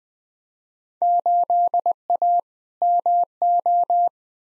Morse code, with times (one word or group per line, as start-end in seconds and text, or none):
1.0-2.4 8A
2.8-4.1 MO